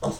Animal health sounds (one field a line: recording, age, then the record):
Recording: pig call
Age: piglet (1 to 25 days)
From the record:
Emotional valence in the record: negative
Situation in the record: restrain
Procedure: in the arms of a person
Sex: male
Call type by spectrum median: low-frequency call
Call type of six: low-frequency stable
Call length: 0.20 s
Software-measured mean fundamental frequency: 52 Hz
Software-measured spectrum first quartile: 277 Hz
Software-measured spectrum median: 567 Hz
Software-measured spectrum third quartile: 1147 Hz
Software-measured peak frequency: 620 Hz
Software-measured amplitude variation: 129 dB a second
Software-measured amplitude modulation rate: 7.6 a second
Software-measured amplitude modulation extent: 16.9 dB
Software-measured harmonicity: 2.2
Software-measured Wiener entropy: -0.80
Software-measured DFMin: 1684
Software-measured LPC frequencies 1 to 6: 555, 3409, 5506, 6108, 7837, 8659 Hz